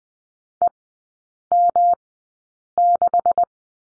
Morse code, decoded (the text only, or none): EM6